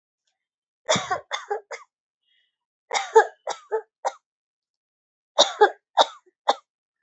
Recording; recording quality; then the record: heavy voluntary cough; excellent, no background noise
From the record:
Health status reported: healthy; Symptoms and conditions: none ticked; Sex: female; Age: 33 years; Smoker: not ticked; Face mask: worn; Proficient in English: yes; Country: India